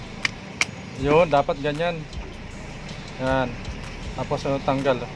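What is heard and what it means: A newly bought rear door lock mechanism for a Nissan B13 car door, bought because the old one no longer locks, is worked by hand. It gives two sharp metallic clicks at 0.2 s and 0.6 s as it latches, then someone talks. The new lock latches properly.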